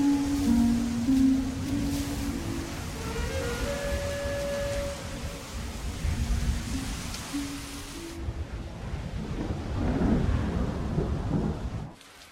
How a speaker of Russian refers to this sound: Затягивает небо. Идет дождь.